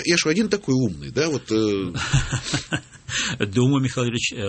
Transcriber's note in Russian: смеется